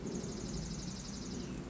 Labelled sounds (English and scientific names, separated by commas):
Dark-eyed Junco (Junco hyemalis)